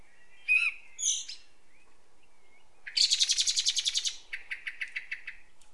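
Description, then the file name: Common blackbird chatter: two brief squeaky notes, then a harsh rapid rattling series of about a dozen pulses, fading into softer repeated clicks. "Turdus merula"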